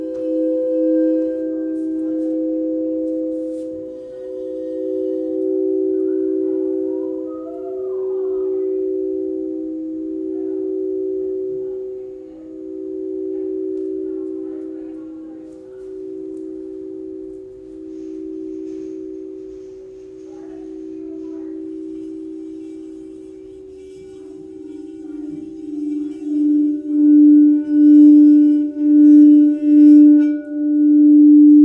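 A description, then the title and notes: A crystal singing bowl rings with a pure, sustained tone around a few hundred cycles, its volume swelling and fading in slow, regular waves. Near the end the beating quickens and grows louder, pulsing rapidly over a quiet background. Crystal Singing Bowl Sound Bath. The soothing sound of Crystal Tones Alchemy Crystal Singing Bowls.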